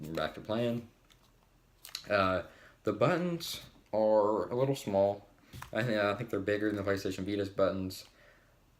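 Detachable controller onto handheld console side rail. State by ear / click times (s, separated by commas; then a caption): seated / 1.1 s, 1.8 s. A detachable plastic controller slides onto the side rail of a handheld game console and snaps home, with clicks at 1.1 s and 1.9 s during a quiet gap in the talk. Someone talks before and after, and the controller goes on easily and seats firmly.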